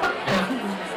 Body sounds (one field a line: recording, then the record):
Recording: coughing mixed with background sound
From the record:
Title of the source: Barking cough - # 10